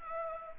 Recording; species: mosquito wingbeat signal from an infrared sensor; Anopheles arabiensis